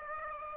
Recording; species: mosquito wingbeat signal from an infrared sensor; Aedes aegypti